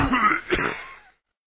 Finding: Cough.